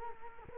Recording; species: mosquito wingbeat signal from an infrared sensor; Culex quinquefasciatus